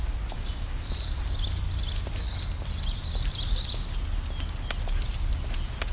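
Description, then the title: Bird chirping in short high bursts scattered throughout, over a steady low rumble with light clicking sounds. "Birds Chirping Meditation"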